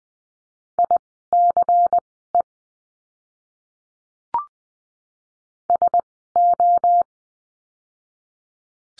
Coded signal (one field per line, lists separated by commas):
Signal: Morse code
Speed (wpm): 19 wpm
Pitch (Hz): 700 Hz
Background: none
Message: ICE SO